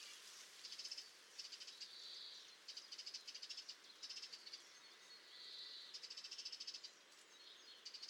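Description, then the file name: Eurasian wren song: high-pitched rapid trills with brief smoother notes between them, bursts repeating throughout over steady background hiss. "Troglodytes troglodytes"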